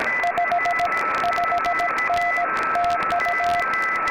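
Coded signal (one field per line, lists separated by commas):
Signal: Morse code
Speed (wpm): 19 wpm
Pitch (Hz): 700 Hz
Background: none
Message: 55N TU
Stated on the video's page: CW from Summits on the Air activations sent with portable paddles, including 14 MHz contacts across the 0000 UTC crossover.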